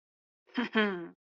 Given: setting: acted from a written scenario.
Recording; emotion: vocal sound without words; contempt